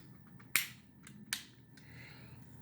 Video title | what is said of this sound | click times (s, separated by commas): KFC Transistor Review | so that was that was three clicks so you should | 0.6 s, 1.3 s